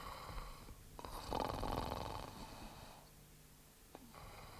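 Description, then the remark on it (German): A man snores in slow, heavy cycles: a long rattling inhale swelling louder, then a quieter breathy exhale, with another raspy snore starting at the end. No talking. “Lächerlich, dieses Schnarchen.”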